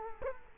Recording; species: mosquito wingbeat signal from an infrared sensor; Culex quinquefasciatus